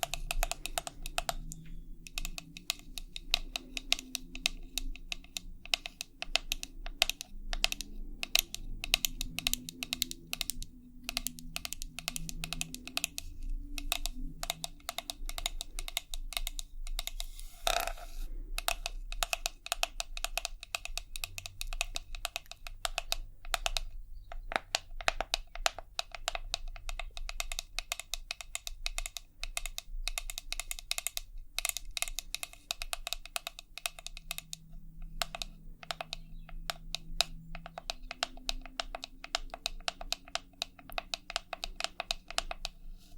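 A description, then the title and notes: Rapid, uneven tapping like typing on a keyboard continues throughout, sharp clicks in dense bursts over a low hum with brief pauses. ASMR 100% Tapping for Sleep & Tingles (Long Nails & No Talking).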